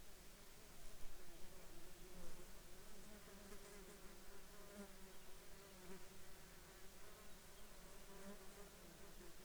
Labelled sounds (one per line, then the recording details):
insects
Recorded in the Arctic National Wildlife Refuge, Alaska, on 22 June 2019 at 08:39
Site 33